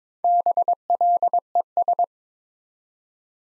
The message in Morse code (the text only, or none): BLES